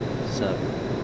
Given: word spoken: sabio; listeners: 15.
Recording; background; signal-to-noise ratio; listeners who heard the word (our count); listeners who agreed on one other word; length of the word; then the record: one Spanish word in noise, from a listening test; speech-shaped noise; -4.1 dB; 0 of 15; 6 of 15; 0.64 s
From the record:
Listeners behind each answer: 6, 3, 1, 1, 1, 1, 1, 1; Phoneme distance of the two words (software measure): 17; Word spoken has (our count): 2 syllables, 5 phonemes, stress on syllable 1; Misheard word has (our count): 2 syllables, 4 phonemes, stress on syllable 1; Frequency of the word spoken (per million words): 14.65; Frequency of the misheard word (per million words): 205.54